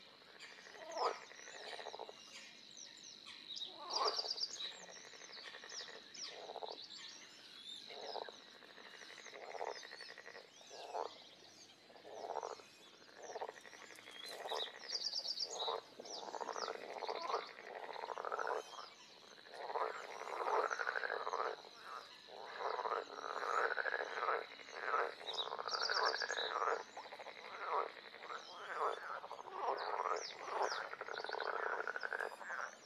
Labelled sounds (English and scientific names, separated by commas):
Edible Frog (Pelophylax esculentus) call